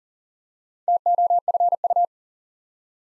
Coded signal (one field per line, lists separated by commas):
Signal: Morse code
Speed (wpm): 38 wpm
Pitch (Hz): 700 Hz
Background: none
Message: TOFU